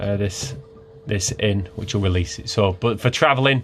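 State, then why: Not seated. A TV on its slide bracket in a Chausson Welcome 727GA motorhome is being handled while someone talks, before it is pushed back to latch into its travel lock. Only speech is heard, with no distinct click. Nothing has seated or clicked yet.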